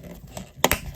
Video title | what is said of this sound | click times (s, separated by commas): MMC Perfection Series Ocular Max PS-25 Navigant aka Streetwise Review | There are tabs here, slots here, and this piece is going to come all the way around and it'll click into place once you have it. | 0.6 s